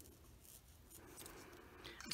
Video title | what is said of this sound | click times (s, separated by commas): movie monday animal outing | you always want to hear that click that's what you're looking for with the blends because | 2.1 s